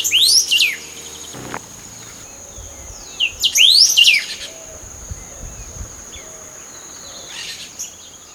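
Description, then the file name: Golden-billed saltator giving quick upswept whistled calls, two strong bursts in the first half and a faint third, with a constant shrill insect drone behind. Recorded along Route 9 in Maldonado, Uruguay, on 21 December 2011. "Saltator-aurantirostris-Est Vick-Estr-JIg-Ruta 9-Mald-UR-21-12-11"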